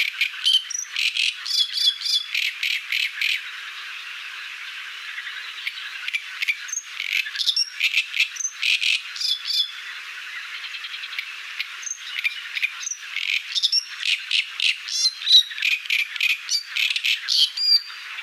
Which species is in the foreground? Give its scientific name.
Acrocephalus arundinaceus